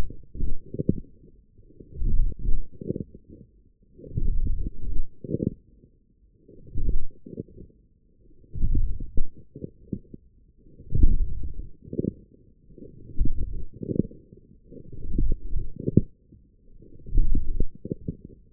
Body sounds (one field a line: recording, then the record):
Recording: forearm muscle sounds (acoustic myography)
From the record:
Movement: forearm pronation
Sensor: system 1, eight BSWA MPA416 microphones around the upper forearm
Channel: 5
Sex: male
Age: 20 years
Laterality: left